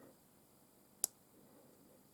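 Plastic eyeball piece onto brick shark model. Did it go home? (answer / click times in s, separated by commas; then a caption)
yes / 1.0 s. A small plastic eyeball piece is lined up and pressed onto a LEGO Ideas 21350 Jaws brick shark model, since it has to be aligned to click in. After a quiet stretch, a single sharp, bright click sounds at 1.0 s, and the eyeball piece is seated.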